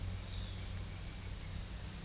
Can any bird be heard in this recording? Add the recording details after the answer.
yes. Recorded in dense forest near Puerto Asís, Putumayo, Colombia, on 4 March 2025 at 12:30. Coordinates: 0.484, -76.325. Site G045